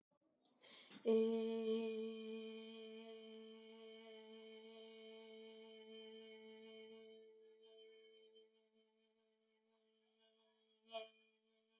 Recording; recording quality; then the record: sustained vowel as in made; excellent, no background noise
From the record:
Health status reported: healthy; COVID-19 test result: not tested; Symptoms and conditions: none ticked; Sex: female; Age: 21 years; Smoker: not ticked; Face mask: not worn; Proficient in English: yes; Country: India